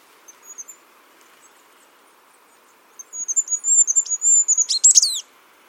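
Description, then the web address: Bird making a quiet high note, then after a pause a lively run of thin, high chirps that builds into a rapid flurry before stopping. "cianscape birddata Deverinetal 2025 File origin Bird Only"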